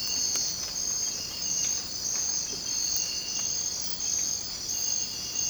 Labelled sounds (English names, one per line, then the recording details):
none
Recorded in dense forest near Puerto Asís, Putumayo, Colombia, on 24 March 2025 at 03:30
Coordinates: 0.481, -76.323
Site G088